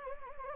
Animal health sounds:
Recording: mosquito wingbeat signal from an infrared sensor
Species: Anopheles gambiae

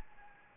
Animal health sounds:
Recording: mosquito wingbeat signal from an infrared sensor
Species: Anopheles gambiae

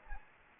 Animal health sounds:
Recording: mosquito wingbeat signal from an infrared sensor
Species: Anopheles arabiensis

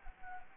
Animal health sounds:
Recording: mosquito wingbeat signal from an infrared sensor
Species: Anopheles gambiae

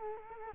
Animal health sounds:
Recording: mosquito wingbeat signal from an infrared sensor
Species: Culex quinquefasciatus

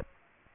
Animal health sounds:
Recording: mosquito wingbeat signal from an infrared sensor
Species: Aedes aegypti

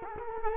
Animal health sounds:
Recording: mosquito wingbeat signal from an infrared sensor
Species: Culex quinquefasciatus

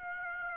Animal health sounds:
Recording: mosquito wingbeat signal from an infrared sensor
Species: Aedes aegypti

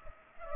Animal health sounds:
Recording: mosquito wingbeat signal from an infrared sensor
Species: Culex pipiens

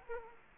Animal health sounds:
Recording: mosquito wingbeat signal from an infrared sensor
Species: Culex quinquefasciatus

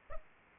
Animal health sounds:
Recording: mosquito wingbeat signal from an infrared sensor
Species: Aedes aegypti

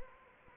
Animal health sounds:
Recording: mosquito wingbeat signal from an infrared sensor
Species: Anopheles arabiensis

